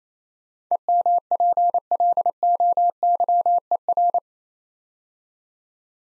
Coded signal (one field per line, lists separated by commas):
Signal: Morse code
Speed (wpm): 27 wpm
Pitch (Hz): 700 Hz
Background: none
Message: EMPLOYER